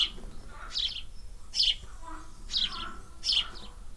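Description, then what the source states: Swallow chirps: bright high notes in repeated short bursts, with softer lower notes in between. Nest in an air vent.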